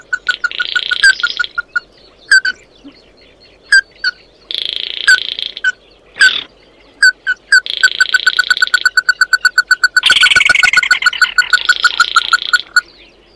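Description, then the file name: Bird calling with bright repeated piping notes in fast runs, mixed with drawn-out buzzy rasps and a loud noisy burst midway. "Tieng chim mat do"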